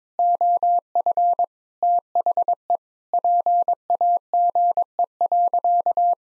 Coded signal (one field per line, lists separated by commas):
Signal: Morse code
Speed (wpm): 22 wpm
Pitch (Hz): 700 Hz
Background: none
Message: OF THE PAGE.